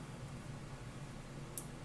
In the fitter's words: and we'll turn it until we hear it click and we'll click it a couple of times